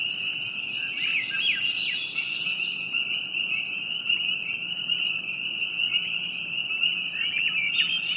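Frogs chorusing in a steady high trill, with scattered sharper chirps.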